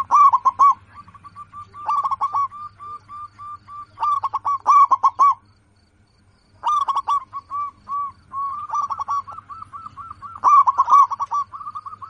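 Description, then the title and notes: Zebra dove song: loud rolled bursts alternating with softer runs of quick repeated coos, with one clear silent gap midway. Local perkutut described as singing persistently, with a loud, crystal-clear voice. "PERKUTUT LOKAL GACOR Suara KRISTAL LANTANG. Kicau Burung Perkutut"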